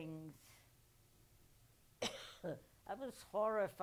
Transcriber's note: coughs